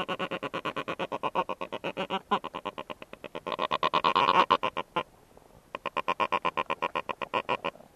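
Black-browed albatross giving a rapid, harsh rattling bray of pulsed notes, pausing briefly about two-thirds of the way through before the rattle resumes.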